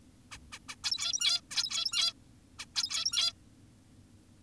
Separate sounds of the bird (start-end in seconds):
0.32-0.38, 0.52-0.59, 0.69-0.76, 0.84-1.41, 1.51-2.14, 2.59-2.66, 2.75-3.33